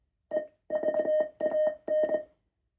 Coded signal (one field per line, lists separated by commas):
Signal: Morse code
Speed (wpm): 22 wpm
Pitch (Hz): 620 Hz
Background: music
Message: EVAN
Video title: N0SA SP-X CW key vs. cwmorse.us N0SA designed SP4 CW key